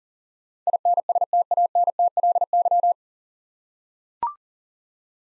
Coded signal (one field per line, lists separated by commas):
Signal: Morse code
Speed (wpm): 40 wpm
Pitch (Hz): 700 Hz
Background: none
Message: INSTANTLY